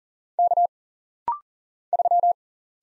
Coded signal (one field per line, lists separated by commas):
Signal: Morse code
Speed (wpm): 40 wpm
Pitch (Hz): 700 Hz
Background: none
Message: K 3